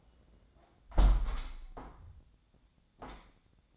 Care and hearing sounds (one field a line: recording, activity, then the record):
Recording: daily activity, microphone in the room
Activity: close window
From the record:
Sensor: 3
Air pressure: 1012.3 hPa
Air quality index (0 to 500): 125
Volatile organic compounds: 1 ppm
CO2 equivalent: 973 ppm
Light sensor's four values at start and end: 179/430/176/164 and 180/433/177/164